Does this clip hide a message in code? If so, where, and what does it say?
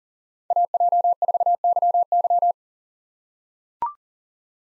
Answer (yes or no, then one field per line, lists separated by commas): yes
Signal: Morse code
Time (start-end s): 0.5-2.5 s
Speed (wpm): 40 wpm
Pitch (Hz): 700 Hz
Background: none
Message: AJ4YY